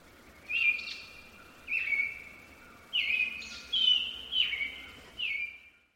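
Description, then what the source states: White-lined Honeyeater calling, a series of six high whistled notes, each a sharp upward flick followed by a level trailing tone, over faint hiss. Endemic to the Top End, Kakadu and Arnhem Land; call carries across the whole rocky sandstone escarpment.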